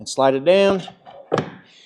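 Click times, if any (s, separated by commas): 1.4 s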